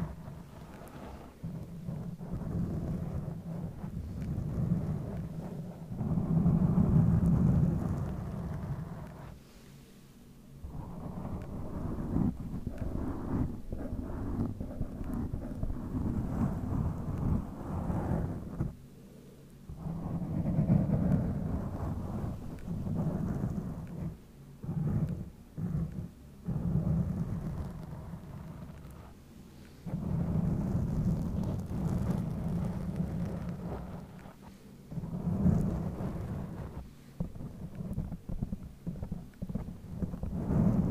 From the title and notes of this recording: ASMR Mic Scratching no Talking, MIT/OHNE Cover.